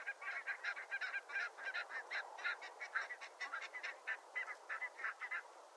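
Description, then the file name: Barnacle goose flock giving flight calls: dense, overlapping yapping honks repeated rapidly throughout, over a steady background hiss. "HVITKINNGÅS FLUKTLYD"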